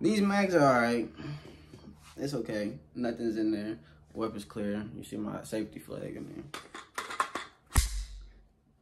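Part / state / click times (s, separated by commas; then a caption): polymer rifle magazine into AK-pattern pistol magazine well / seated / 7.8 s. A polymer rifle magazine is rocked into the magazine well of an unloaded AK-pattern pistol with a safety flag fitted, and the latch catches. Someone talks, then a few short handling clicks and knocks are followed by a sharp click at 7.8 s as the magazine seats.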